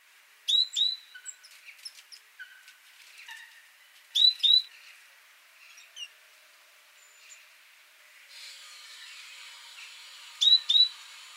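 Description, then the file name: Great tit giving sharp, high paired call notes in three separate bursts, with faint scattered chirps between them and a soft hiss in the background. "Parus major"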